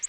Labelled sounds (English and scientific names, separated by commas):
Orange-crowned Warbler (Leiothlypis celata) flight call